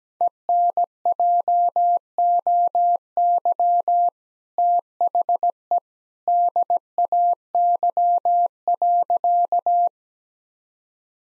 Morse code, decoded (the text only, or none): ENJOY THE DAY.